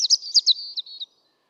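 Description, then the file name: European robin giving a brief, high, rapid twitter of bright notes lasting about one second, then silence. "Erithacus rubecula"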